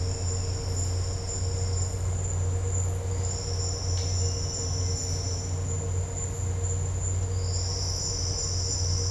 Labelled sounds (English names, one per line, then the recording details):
none
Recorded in dense forest near Puerto Asís, Putumayo, Colombia, on 4 March 2025 at 12:00
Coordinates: 0.468, -76.322
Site GP01